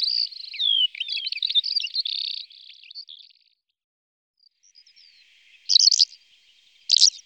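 Calandra lark song: a burst of rapid varied chirps and slurred whistles for about three seconds, then quiet, followed by two short notes.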